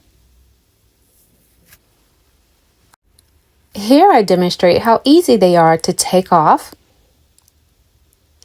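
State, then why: Seated. A clip-on sunglass lens is taken off a prescription eyeglass frame and put back on, snapping onto the plastic or metal frame with a short, sharp click at 8.4 s. Faint clicks also occur around 2.9, 3.2, 7.4 and 8.1 s, and someone talks from about 3.7 to 6.7 s. The lens is seated on the frame.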